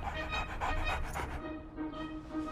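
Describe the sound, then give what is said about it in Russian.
A dog holding a book pants in quick, breathy, rhythmic bursts for about a second and a half, then the breathing softens and trails off into quieter rustling. “Собака держит книгу.”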